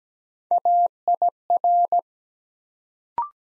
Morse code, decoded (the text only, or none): AIR